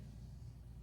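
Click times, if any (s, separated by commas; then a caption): none. The blade of a Vortex Model 1 folding knife (Tuya OEM), which has external stop pins, is being closed back into its handle. Only a steady low rumble is heard, with no sharp transients. Nothing has seated or clicked yet.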